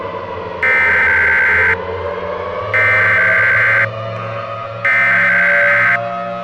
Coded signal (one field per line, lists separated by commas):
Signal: Emergency Alert System (SAME) tones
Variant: header bursts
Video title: EAS Mini-Scenario 1: Sunstone